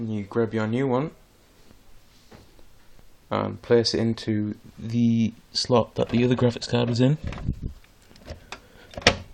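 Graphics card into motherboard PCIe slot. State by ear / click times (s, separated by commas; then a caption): seated / 9.1 s. Someone talks while a new graphics card is placed into the motherboard PCIe slot where the old graphics card was and pushed down. A few small taps follow, then a sharp, loud click at 9.1 s as the slot's retention latch catches and the card seats.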